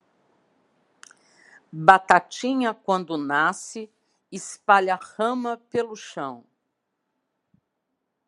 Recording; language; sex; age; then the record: short text; Brazilian Portuguese; female; 60 to 69 years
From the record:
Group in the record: control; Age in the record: 60 years